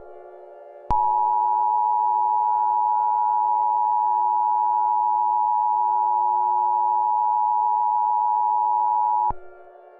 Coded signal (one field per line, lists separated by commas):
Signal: Emergency Alert System (SAME) tones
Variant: 853 and 960 Hz attention tone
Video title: Texas EAS Alarm (EF6 scenario)